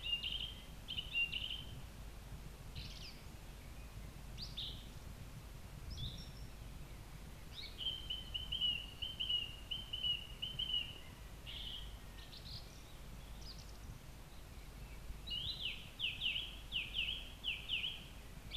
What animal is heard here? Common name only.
Song Thrush